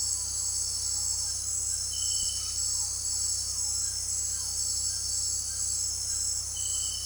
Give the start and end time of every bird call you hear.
[0.00, 7.05] White-throated Toucan (Ramphastos tucanus) (0.1-2.3 kHz)

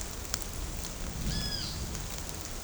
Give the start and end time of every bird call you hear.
[1.24, 1.74] Great Kiskadee (Pitangus sulphuratus) (1.1-5.3 kHz)

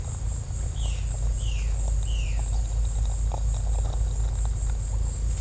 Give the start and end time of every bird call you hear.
[0.59, 2.55] Violaceous Jay (Cyanocorax violaceus) (1.1-4.6 kHz)

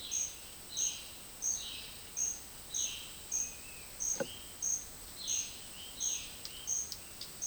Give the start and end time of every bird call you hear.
[0.00, 3.14] Violaceous Jay (Cyanocorax violaceus) (2.1-5.1 kHz)
[3.38, 3.90] Yellow-crowned Tyrannulet (Tyrannulus elatus) (2.1-3.2 kHz)
[4.18, 7.46] unidentified bird (2.3-3.8 kHz)
[5.16, 6.33] Violaceous Jay (Cyanocorax violaceus) (2.1-4.9 kHz)

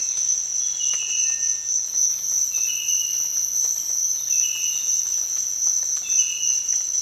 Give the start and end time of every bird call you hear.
[1.11, 1.77] Cinereous Tinamou (Crypturellus cinereus) (1.4-2.0 kHz)

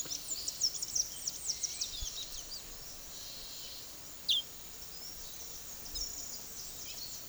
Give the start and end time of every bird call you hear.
[0.00, 2.65] Blue-gray Tanager (Thraupis episcopus) (1.8-9.8 kHz)
[4.27, 4.43] Black-striped Sparrow (Arremonops conirostris) (1.9-17.7 kHz)
[4.91, 7.22] Blue-gray Tanager (Thraupis episcopus) (2.3-10.5 kHz)

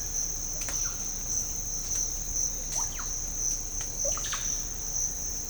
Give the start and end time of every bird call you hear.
[0.52, 1.00] Russet-backed Oropendola (Psarocolius angustifrons) (0.8-4.8 kHz)
[2.66, 3.12] Russet-backed Oropendola (Psarocolius angustifrons) (0.5-4.8 kHz)
[3.98, 4.50] Russet-backed Oropendola (Psarocolius angustifrons) (0.2-4.9 kHz)

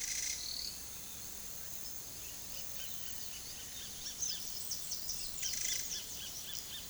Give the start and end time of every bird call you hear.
[2.21, 4.38] Roadside Hawk (Rupornis magnirostris) (0.9-4.9 kHz)
[4.01, 6.45] Bananaquit (Coereba flaveola) (4.3-10.0 kHz)
[5.42, 6.89] Roadside Hawk (Rupornis magnirostris) (1.3-4.4 kHz)

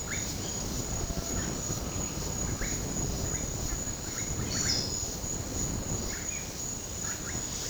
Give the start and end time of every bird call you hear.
[0.00, 7.35] Russet-backed Oropendola (Psarocolius angustifrons) (0.4-2.8 kHz)
[4.48, 4.93] Yellow-rumped Cacique (Cacicus cela) (3.8-8.2 kHz)

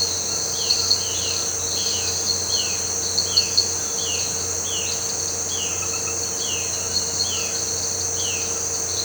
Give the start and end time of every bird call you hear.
[0.00, 8.46] Violaceous Jay (Cyanocorax violaceus) (2.0-3.6 kHz)

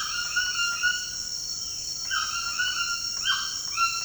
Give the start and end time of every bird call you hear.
[0.00, 4.04] White-throated Toucan (Ramphastos tucanus) (0.5-6.1 kHz)

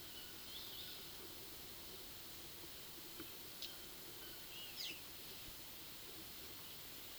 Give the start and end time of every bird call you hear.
[0.45, 0.89] Boat-billed Flycatcher (Megarynchus pitangua) (2.3-5.6 kHz)

